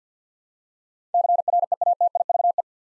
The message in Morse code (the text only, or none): CREATIVE